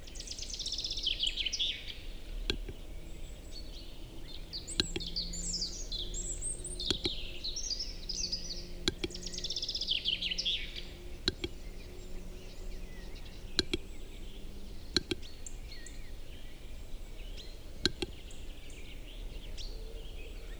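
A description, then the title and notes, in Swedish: A displaying capercaillie cock in a spring forest gives sharp, isolated clicks every two to three seconds. Other birds chirp and twitter at a high pitch throughout, busiest in the first half, over faint low droning tones and a steady soft hiss. Tjäderspelets ljudvärld. Här får du själv höra skogens alla ljud i slutet av april när tjäderspelet är på sin topp. Vi har spelat in en spelande tjädertupp med en Telinga SSM-mikrofon kopplad till en Olympus LS14.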